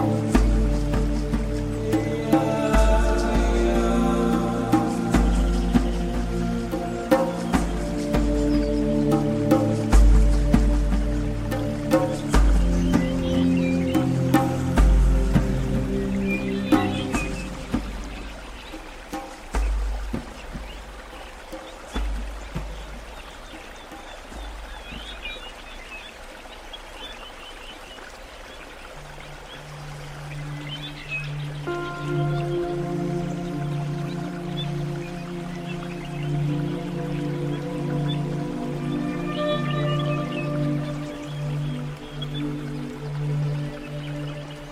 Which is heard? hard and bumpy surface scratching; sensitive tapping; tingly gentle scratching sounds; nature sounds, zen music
nature sounds, zen music